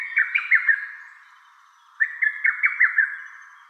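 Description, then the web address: Lesser cuckoo giving two hurried phrases of sharp whistled notes, separated by a short pause. Recorded on 11 May 2015. "birdenaga hototogisu S 150511"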